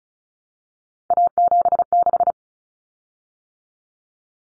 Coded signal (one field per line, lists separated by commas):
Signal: Morse code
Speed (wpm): 34 wpm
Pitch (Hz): 700 Hz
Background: none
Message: A76